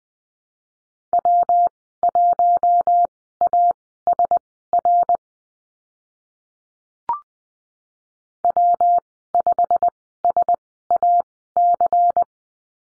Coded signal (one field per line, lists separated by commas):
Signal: Morse code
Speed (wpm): 20 wpm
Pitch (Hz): 700 Hz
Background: none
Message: W1ASR W5SAC